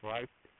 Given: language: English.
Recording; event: throat vibration sensor signal played as sound; speech